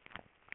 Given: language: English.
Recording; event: throat vibration sensor signal played as sound; swallow